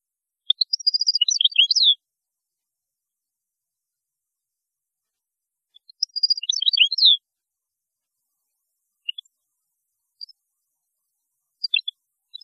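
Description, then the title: European goldfinch song, two dense twittering phrases of tinkling notes ending in a downward slur, about four seconds apart, then a few isolated high chips. "Chant Chardonneret"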